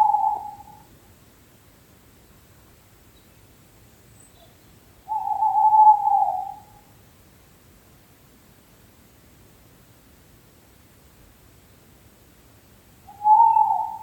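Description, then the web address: Owl hooting: plain level whistled notes of a second or more, separated by long silences. Recorded in May 2023. "2023 05 luz sova"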